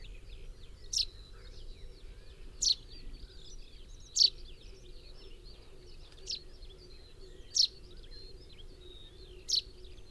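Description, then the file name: Common chaffinch calls: short, sharp high notes repeated roughly every one to two seconds, with faint twittering of other birds and a low steady hum behind. "Fringilla coelebs"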